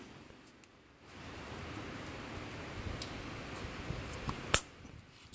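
A metal retaining spring clip is hooked onto one end of a semi-truck disk brake pad, then squeezed and pushed into place, a job that is hard to do one-handed. Under a steady low rustling background, a few faint ticks lead up to one sharp, loud metallic click at 4.5 s. The clip snaps in and is seated.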